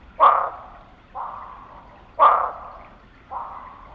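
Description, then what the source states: Barking frog calls: two sharp, explosive barks about two seconds apart, each followed by a quieter bark. Texas.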